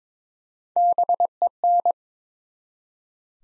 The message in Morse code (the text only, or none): BEN